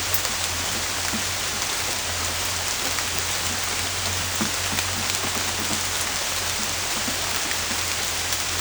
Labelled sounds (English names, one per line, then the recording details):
none
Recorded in dense forest near Puerto Asís, Putumayo, Colombia, on 21 December 2024 at 10:30
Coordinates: 0.481, -76.323
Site G100